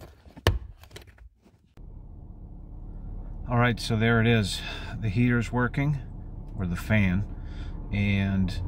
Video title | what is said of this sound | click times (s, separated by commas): 2017 Nissan Rogue Blower Motor Resistor Replacement | It just snaps back into place. | 0.5 s